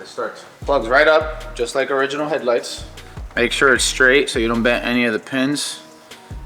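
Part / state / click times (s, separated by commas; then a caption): wiring harness connector into headlight assembly / not seated / none. A wiring harness connector is lined up straight and pushed onto the back of an aftermarket headlight assembly for a BMW F30 340i, keeping the pins from bending. Someone talks throughout with music underneath, and a sharp short hit comes at about 6.1 s. Nothing has seated or clicked yet.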